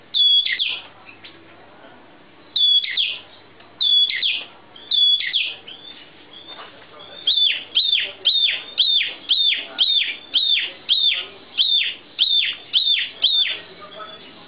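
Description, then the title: Oriental magpie-robin song: a few widely spaced loud whistles at first, then a quicker run of about a dozen sharp notes with buzzy down-slurred tails. "Kicau Kacer"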